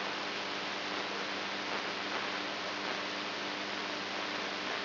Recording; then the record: brain microelectrode recording played as sound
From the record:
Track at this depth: inside the subthalamic nucleus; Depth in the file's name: 4.116 mm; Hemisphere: right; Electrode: 2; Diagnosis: Parkinson's disease